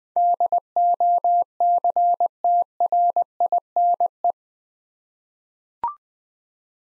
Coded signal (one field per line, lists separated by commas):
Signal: Morse code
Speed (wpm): 20 wpm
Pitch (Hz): 700 Hz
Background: none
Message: DOCTRINE